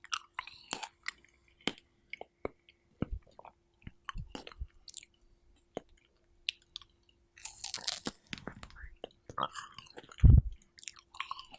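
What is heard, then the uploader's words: Wet chewing of strawberries, with irregular clicks, smacks and soft crunches scattered through the clip. Louder bursts of chewing come around eight and nine seconds, and a heavy thump near ten seconds. A faint steady hum sits under it. Strawberry Eating Sounds (and breathing sounds).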